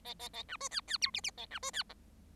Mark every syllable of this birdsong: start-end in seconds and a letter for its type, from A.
0.04-0.14 A, 0.19-0.29 A, 0.33-0.43 A, 0.48-0.57 B, 0.60-0.69 C, 0.71-0.81 D, 0.87-0.97 D, 1.01-1.11 E, 1.14-1.21 F, 1.23-1.31 F, 1.37-1.46 A, 1.50-1.59 B, 1.62-1.71 C, 1.73-1.83 D, 1.89-1.94 G